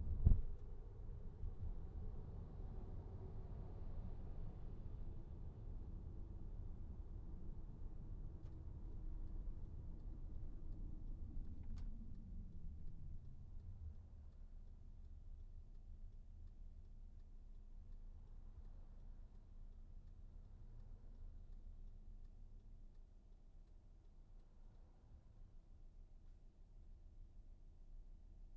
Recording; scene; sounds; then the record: everyday scene through a hearing-aid microphone; in a vehicle; engine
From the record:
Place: VW T5 Caravelle, diesel engine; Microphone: behind the ear, right, rear